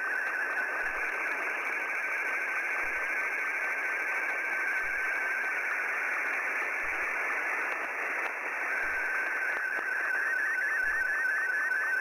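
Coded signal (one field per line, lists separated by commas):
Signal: SSTV (slow-scan television)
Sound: steady tone with rapid regular chirpy warbles and short low sync blips under heavy hiss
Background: radio static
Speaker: let me pause here and we'll go into the live portion of actually receiving signals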